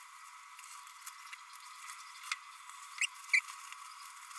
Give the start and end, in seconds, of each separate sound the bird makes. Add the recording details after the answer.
3.01-3.06, 3.33-3.40. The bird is a male. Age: 30 days. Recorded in a nest box in Venezuela. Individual 17B32A6